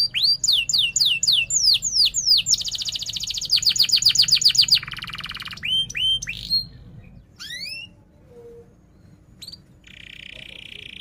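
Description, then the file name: Canary song opening with fast repeated sweeping chirps and buzzy rolls, then scattered upslurred notes with pauses and a final buzzy tour. Singing canary in full song, described as chirping and rolling sharply. "Suara Kenari Gacor Cuit Cuit Ngerol Tajam"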